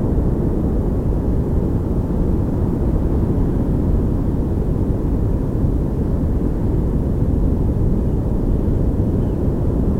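A local beach, heard as a steady, dense low roar with no breaks or distinct events across the whole stretch. The sound sits mostly in the low and middle range, with little brightness above, and the loudness stays level throughout, like continuous surf or wind rumble.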